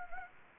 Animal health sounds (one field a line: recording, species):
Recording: mosquito wingbeat signal from an infrared sensor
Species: Anopheles gambiae